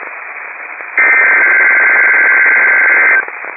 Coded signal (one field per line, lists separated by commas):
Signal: Emergency Alert System (SAME) tones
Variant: header bursts